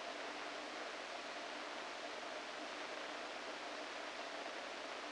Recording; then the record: brain microelectrode recording played as sound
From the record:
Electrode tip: inside the subthalamic nucleus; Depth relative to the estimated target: -2 mm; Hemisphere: right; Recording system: NeuroSet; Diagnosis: Parkinson's disease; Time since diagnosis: 14 years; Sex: male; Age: 51 years